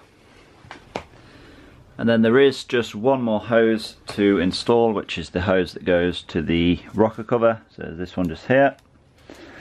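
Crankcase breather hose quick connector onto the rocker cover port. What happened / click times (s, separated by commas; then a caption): Hose connector handled, not yet clicked home / none. On a BMW N52 engine, the crankcase breather hose for the rocker cover, with its plastic quick connector, is being handled toward its port on the rocker cover while someone talks. Two brief sharp sounds come near the start, at about 0.7 s and 1.0 s, and a faint rustle is heard at the end. The connector has not yet been pushed home, and nothing has seated or clicked yet.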